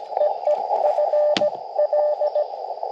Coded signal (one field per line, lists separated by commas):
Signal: Morse code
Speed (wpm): 20 wpm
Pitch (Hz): 600 Hz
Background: radio noise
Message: EE FL